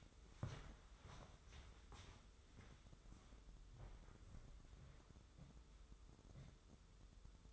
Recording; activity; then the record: daily activity, microphone in the room; walk to room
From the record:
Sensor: 3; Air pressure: 995.6 hPa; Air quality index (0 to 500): 84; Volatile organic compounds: 8 ppm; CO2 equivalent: 2047 ppm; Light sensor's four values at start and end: 26/79/33/29 and 27/82/34/30